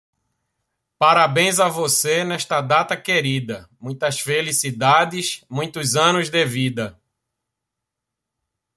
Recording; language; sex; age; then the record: short text; Brazilian Portuguese; male; 30 to 39 years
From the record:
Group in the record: control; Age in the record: 39 years